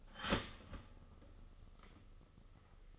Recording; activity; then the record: daily activity, microphone in the room; start toaster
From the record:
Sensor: 4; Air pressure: 996.0 hPa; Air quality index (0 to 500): 70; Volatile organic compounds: 2 ppm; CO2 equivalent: 1278 ppm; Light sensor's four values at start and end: 10/27/10/12 and 11/26/10/11